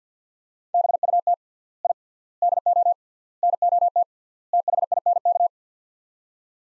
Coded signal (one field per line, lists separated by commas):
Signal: Morse code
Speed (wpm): 50 wpm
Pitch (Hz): 700 Hz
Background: none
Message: BUT I DO NOT THINK